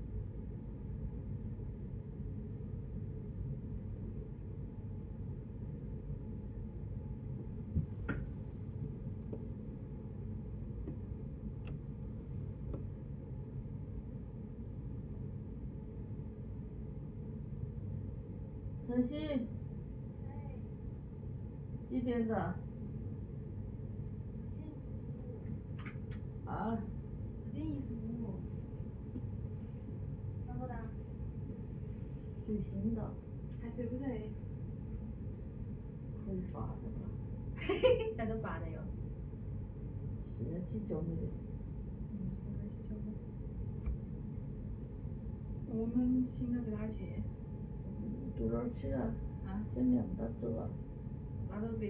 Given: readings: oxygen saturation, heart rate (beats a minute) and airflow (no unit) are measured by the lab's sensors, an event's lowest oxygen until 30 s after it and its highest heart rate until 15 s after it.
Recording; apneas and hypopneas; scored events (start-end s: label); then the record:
a person awake in a sleep study, by a smartphone at the bedside; none
0.00-51.90 s: awake
0.00-51.90 s: awake
From the record:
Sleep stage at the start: awake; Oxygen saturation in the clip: 94 to 96%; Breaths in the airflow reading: 14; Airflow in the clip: -6.3 to 8.6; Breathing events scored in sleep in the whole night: 496 in 5.4 hours asleep